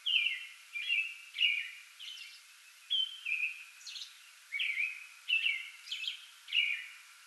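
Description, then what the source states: American robin song of caroled phrases, each a short slurred whistle, with fainter high notes between. Pre-dawn song bout, 8 May 2022.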